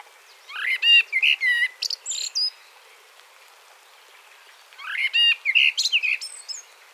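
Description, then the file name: Common blackbird song: two phrases, each opening with low fluted, warbling whistles and ending in a high, squeaky twitter, separated by a few seconds of quiet. "Turdus merula"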